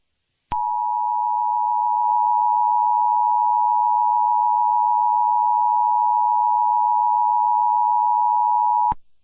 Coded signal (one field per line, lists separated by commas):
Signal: Emergency Alert System (SAME) tones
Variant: 853 and 960 Hz attention tone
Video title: EAS Scenario: The 2133 Hurricane Season Episode One - Hurricane Audery